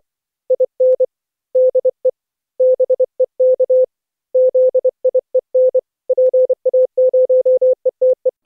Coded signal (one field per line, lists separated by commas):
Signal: Morse code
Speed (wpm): 25 wpm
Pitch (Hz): 510 Hz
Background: none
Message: IN DE BEK ZIEN PA0ETE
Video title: Daily Minutes, December 22, 2015, with contestia.